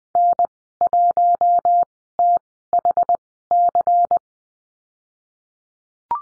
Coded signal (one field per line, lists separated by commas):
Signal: Morse code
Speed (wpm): 20 wpm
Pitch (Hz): 700 Hz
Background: none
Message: N1THC